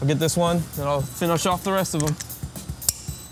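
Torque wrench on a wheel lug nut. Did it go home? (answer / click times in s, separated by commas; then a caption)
yes / 2.9 s. Someone talks while tightening a lug nut on a wheel of a '71 Cuda, sitting under its own weight, with a click-type torque wrench set to 65 ft-lb, working in a star pattern. A short rustle follows, then a single sharp click at 2.9 s. The click means the nut has reached the set torque.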